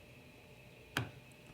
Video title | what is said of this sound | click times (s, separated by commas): Traditional Archery Tips For Beginners: Trad Arrow Build | give it one rotation till it clicks. | 1.0 s